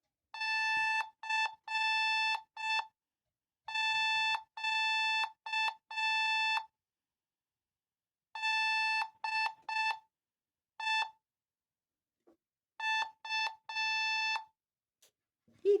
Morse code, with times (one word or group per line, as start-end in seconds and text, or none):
0.4-6.6 CQ
8.4-11.0 DE
12.8-14.4 U